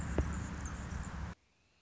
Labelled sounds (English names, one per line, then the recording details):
Anna's Hummingbird
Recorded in Sonoma County, California